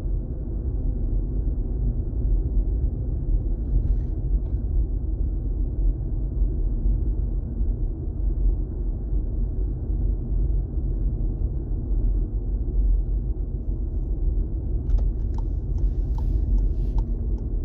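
A drive to work, heard as a steady, dense low rumble of a moving vehicle that barely changes over the whole stretch. Faint light clicks or taps appear around four seconds, and a quick cluster of sharper ticks comes near the end, from about fifteen to seventeen seconds.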